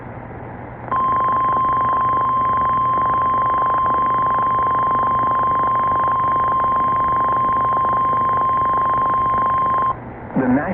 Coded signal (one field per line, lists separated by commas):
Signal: Emergency Alert System (SAME) tones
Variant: 1050 Hz attention tone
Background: speech